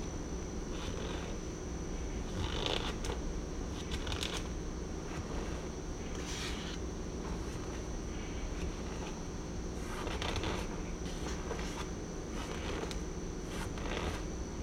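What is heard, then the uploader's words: Corn starch being squeezed, giving dense crunchy squeaks in quick bursts every second or two over a steady low rumble. ASMR Radio- Crunchy Squeaky Corn Starch.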